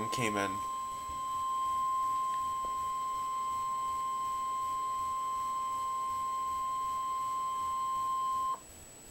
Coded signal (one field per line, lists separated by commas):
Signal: Emergency Alert System (SAME) tones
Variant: 1050 Hz attention tone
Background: speech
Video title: NOAA - Real EAS #166